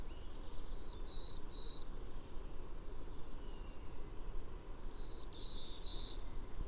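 Bird song: a phrase of three steady, high whistled notes, the first opening with a short upward flick, given twice about four seconds apart in a quiet background.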